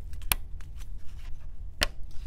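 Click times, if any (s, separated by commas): 0.3 s, 1.8 s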